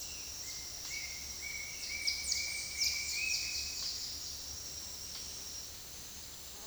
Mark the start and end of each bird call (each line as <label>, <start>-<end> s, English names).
Bright-rumped Attila, 0.45-3.80 s
Palm Tanager, 1.87-4.03 s